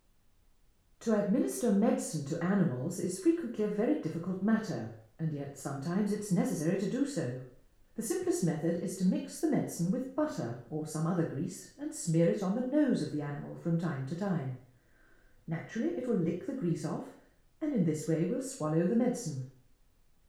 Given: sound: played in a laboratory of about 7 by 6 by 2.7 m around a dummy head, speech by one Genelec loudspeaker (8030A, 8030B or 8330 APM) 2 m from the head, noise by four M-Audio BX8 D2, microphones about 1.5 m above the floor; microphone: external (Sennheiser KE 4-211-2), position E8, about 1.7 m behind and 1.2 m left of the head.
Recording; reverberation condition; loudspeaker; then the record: female speech in English; medium; behind (180 degrees)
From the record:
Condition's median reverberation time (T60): about 510 ms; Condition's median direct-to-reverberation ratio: about -0.5 dB